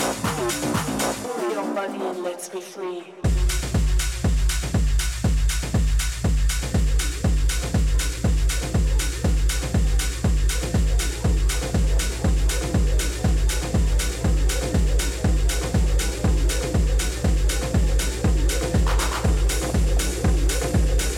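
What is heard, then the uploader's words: Day of the Dead in Tucson, Arizona: the first three seconds are a busy jumble of sound with the low end briefly dropping out. Then a loud, steady beat takes over, heavy thumping pulses about three times a second, continuing evenly to the end. Day of the Dead, Tucson Arizona.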